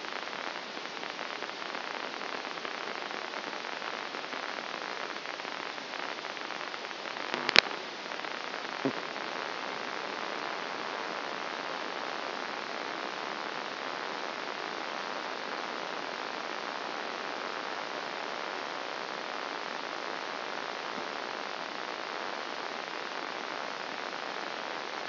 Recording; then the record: brain microelectrode recording played as sound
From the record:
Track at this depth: inside the subthalamic nucleus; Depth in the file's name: 1.905 mm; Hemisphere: left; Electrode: 2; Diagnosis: Parkinson's disease